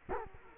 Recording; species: mosquito wingbeat signal from an infrared sensor; Culex quinquefasciatus